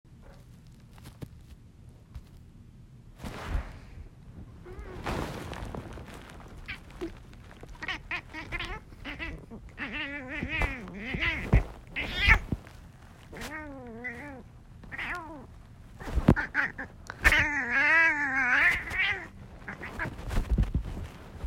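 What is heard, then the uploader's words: A cat meows repeatedly, its wavering, pitch-bending calls clustering from about ten seconds on and growing louder and busier near seventeen to nineteen seconds. Sharp thumps and rustling handling noises break in throughout, over a faint low hum. Cat meowing.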